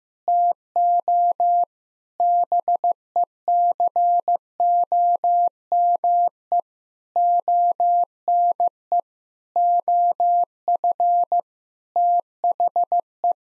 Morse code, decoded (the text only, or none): TO BECOME ONE OF THE